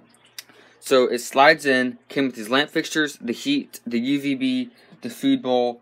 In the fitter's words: it has these little clips in the back so the screen locks in place so